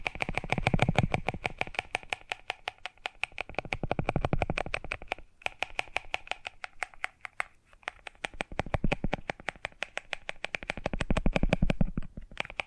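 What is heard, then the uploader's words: ASMR triggers: rapid, evenly spaced crisp tapping clicks throughout, with recurring low rumbling swells around the first, fourth, and eleventh seconds. ASMR Hypnotizing Sensitive Triggers.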